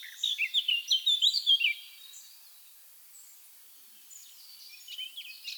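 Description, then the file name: Eurasian blackcap song: a burst of loud, clear fluted warbling notes lasting under two seconds, followed by quiet pause and faint scratchy twittering. "Sylvia atricapilla"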